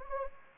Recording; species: mosquito wingbeat signal from an infrared sensor; Anopheles gambiae